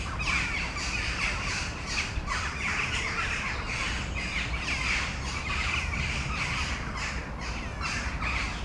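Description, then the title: Crows calling in a dense chorus, rapid harsh caws blending into a steady raucous wash, over low background noise. Crows calling before a storm at Domaine de Tivoli, Mechelen, Belgium; recorded with Sony PCM-M10 internal microphones. "Domaine de Tivoli, Malines, Belgique, Belgium - Corneilles avant lorage - Crows before the storm"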